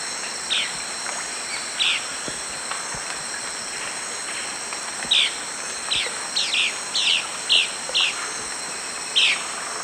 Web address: Natures Songs S America Eastern Lowlands. Conopias trivirgatus, calls